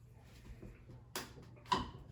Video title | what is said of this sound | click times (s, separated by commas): BEST LED GROW LIGHT The Unboxing | Slide till it clicks. Done. | 1.2 s